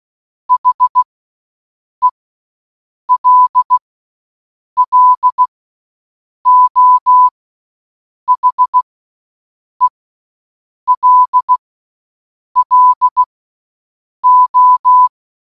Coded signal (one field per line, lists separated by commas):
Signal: Morse code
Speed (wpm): 16 wpm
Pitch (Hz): 1000 Hz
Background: none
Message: HELLO HELLO